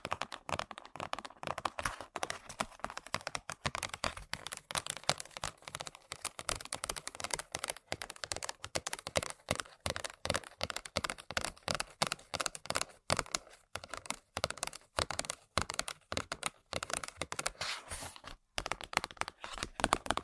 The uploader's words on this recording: ASMR Tapping & Scratching On Random Objects (No Talking).